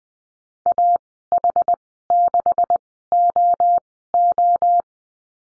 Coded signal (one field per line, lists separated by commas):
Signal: Morse code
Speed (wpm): 20 wpm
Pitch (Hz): 700 Hz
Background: none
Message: AH6OO